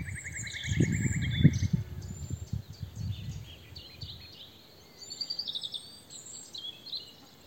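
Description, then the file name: Nightingale song: a rapid run of repeated notes at the start with low rumbling noise, then assorted sharp whistled and trilled phrases. "Luscinia megarhynchos"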